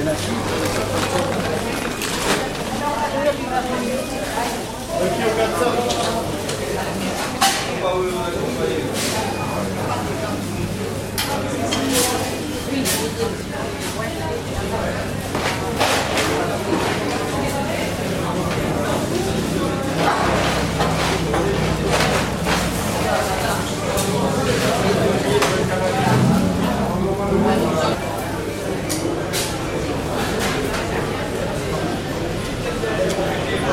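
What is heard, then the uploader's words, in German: In the market hall at Saint-Jean-de-Luz, many voices chatter steadily over a low hum, with frequent sharp clinks and knocks throughout. In der Markthalle von St.-Jean-de-Luz. Französischen Markthalle.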